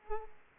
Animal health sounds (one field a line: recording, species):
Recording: mosquito wingbeat signal from an infrared sensor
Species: Aedes aegypti